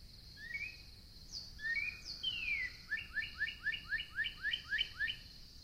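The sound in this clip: Northern cardinal song opening with a few slurred whistles and a long descending note, then a rapid string of rising chirped notes; faint high hum persists.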